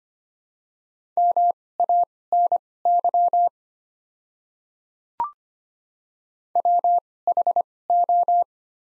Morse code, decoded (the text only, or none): MANY WHO